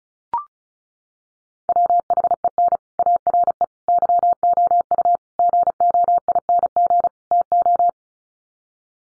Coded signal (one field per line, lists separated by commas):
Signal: Morse code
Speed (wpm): 34 wpm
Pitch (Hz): 700 Hz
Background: none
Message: WHEN ARE YOU GOING TO